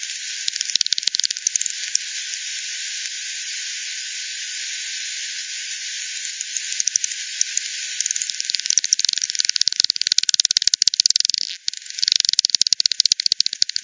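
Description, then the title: Bat: mostly steady hiss at first with a few clicks, then bat echolocation calls arrive as dense bursts of rapid crackling clicks in the latter half. Multiple bats by the Hogsmill River, Hogsmill Lane, 7 October 2020 at 18:10 Z; frequency-division (FD10) bat detector recording, bandpass filtered and resampled. "WW bat 20201007 T 18 : 10 Z-Hogsmill-Lane-Hogsmill-River-multiple-bats"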